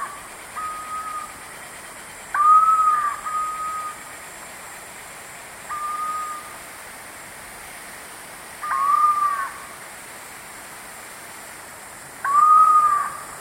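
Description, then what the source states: Screaming piha giving quieter whistled calls: steady mid-pitched notes, some ending in short arched slurs, repeated every few seconds against a hissing background. South America, eastern lowlands.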